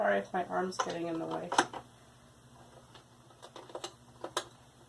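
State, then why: Seated. Someone talks, then thread is pulled through an Elna 860 embroidery machine while threading it to wind a bobbin, with a few soft ticks. It clicks into the first thread guide at 4.4 s, seated.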